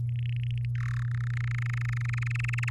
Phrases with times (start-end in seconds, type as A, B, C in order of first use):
0.09-0.65 A, 0.75-1.03 B, 1.05-2.70 C